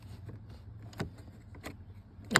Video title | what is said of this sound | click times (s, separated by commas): 2018 Chevy Cruze hood latch problem | didn't really make any audible click | none